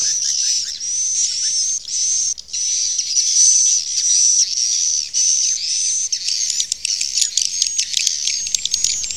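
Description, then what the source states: Swiftlet chirping, a run of high, buzzy, slightly rising notes separated by brief pauses, then a faster flurry of sharp clicks and twitters. Sound used for swiftlet farming in Asia.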